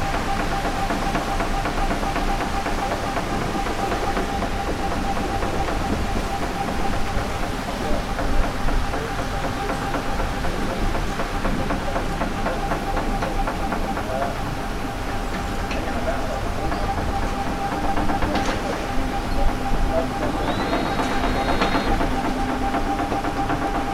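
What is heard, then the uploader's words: A canal lock opening: a steady, dense mechanical rumble with a constant whining tone running throughout, like a motor or rushing water. Faint voices sit in the background, and brief metallic clanks and a short squeal stand out around 18 and 21 seconds. Opening of the lock at Canal de Midi. Sounds produced by the river lock mechanism during its opening.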